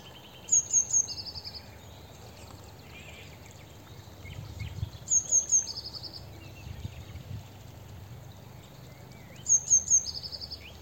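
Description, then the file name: Eurasian blue tit calling: three thin, very high piping notes followed by a lower buzzy churr, the phrase repeated three times about every four to five seconds over a steady low rumble. "Cyanistes caeruleus"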